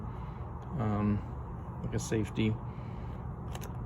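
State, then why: Released. Someone talks, then presses the trigger safety tab on the housing of a Warrior reciprocating saw to unlock it. A short click is heard at 3.5 s as the tab releases and the safety lock opens.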